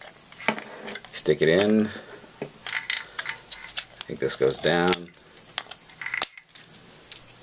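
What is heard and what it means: A plastic interchangeable regional plug head is handled and lined up on a power adapter while someone talks, with small plastic taps and ticks. Nothing has seated or clicked into place yet.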